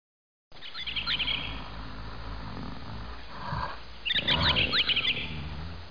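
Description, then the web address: Bird giving sharp chirping calls in two bursts, early and late, high and rapid, over a low rumbling background with a brief whoosh between. Talking bird. "Talking. E Mail"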